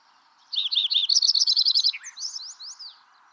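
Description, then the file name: Lincoln's sparrow song, a jumbled run of liquid notes building into a fast chattering trill and finishing with a few quick slurred notes, steady hiss in the background. "Lincoln's Sparrow - Melospiza lincolnii"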